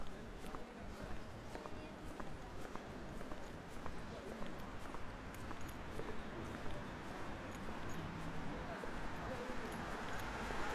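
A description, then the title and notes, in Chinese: A busy street scene along a university road, with a steady, dense wash of crowd chatter and voices overlapping throughout. Footsteps and small clicks pop up irregularly, and a low traffic rumble sits underneath. The level stays fairly even for the whole stretch. 大学路。天气冷了。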